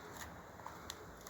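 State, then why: Not seated. A part is pushed into a Southern Cross electric lawn mower; only a few faint, brief ticks are heard at about 0.7, 0.9 and 1.3 seconds over a steady hiss. The part does not click in because it is too thick, and it will be modified to fit.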